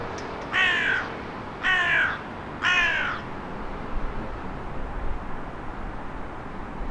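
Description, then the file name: Carrion crow giving three hoarse, rasping caws about a second apart, over steady low background noise. "Corvus corone"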